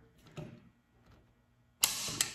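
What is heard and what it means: A torque wrench set to 65 inch-pounds tightens the rear action screw of a Vudoo Three 60 rifle action into an MPA chassis, and the screw is confirmed good. A few faint soft ticks come early in the clip. Then the wrench gives a sharp, bright click at 1.8 s, with a second strong tick near 2.2 s.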